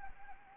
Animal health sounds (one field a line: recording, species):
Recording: mosquito wingbeat signal from an infrared sensor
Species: Anopheles arabiensis